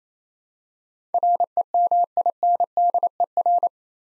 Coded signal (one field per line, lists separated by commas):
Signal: Morse code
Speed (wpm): 28 wpm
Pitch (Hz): 700 Hz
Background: none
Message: REMINDER